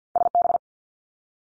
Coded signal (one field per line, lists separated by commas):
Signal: Morse code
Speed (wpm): 48 wpm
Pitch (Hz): 700 Hz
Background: none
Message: SB